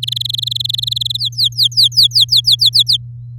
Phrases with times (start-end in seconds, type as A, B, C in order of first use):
0.02-1.17 A, 1.19-2.97 B